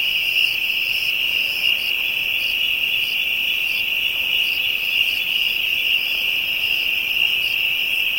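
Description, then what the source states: Insects sustain a piercing steady whine, with soft pulsed buzzes and occasional brighter clicks layered over it. African insects, ambient soundscape.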